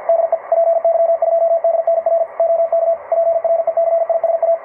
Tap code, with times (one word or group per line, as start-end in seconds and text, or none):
none